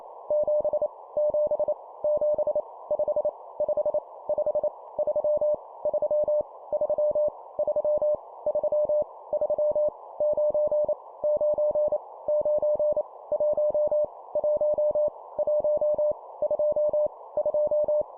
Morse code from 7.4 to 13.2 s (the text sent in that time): 3 3 3 9 9 9